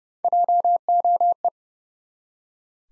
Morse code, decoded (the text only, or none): JOE